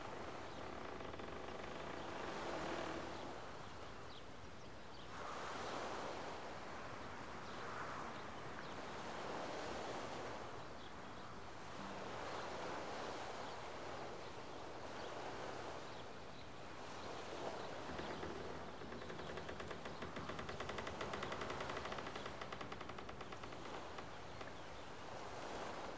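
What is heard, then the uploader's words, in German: Water at the edge of a Canadian lake washes in repeated surges, swelling and easing every few seconds without a break. The hiss is dense and bright, with a low rumble beneath and faint gusts of wind mixed in throughout. Am Rande eines kanadischen Sees.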